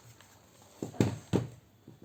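A plastic replacement fan part is handled and pushed toward its seat in a Toshiba C640 laptop chassis, giving a series of short knocks and scrapes around 0.8, 1.0, 1.3 and 1.9 seconds and a sharp hit at 2.1 seconds. The part has not seated or clicked into place yet.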